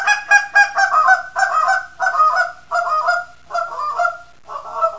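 Canada goose: Canada geese honk in a steady run of nasal calls.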